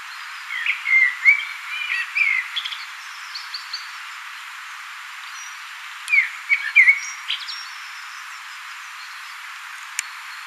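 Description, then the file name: Common blackbird song: two low, fluty warbled phrases near the start and again after six seconds, each ending in thin high twittering, over steady hiss. "Turdus merula"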